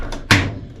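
A mosquito screen, flipped around because it may have been facing the wrong way, is pressed into a van window frame. A faint tap at 0.1 s is followed by a sharp snap at 0.3 s that fades quickly, and the screen is clipped in and seated.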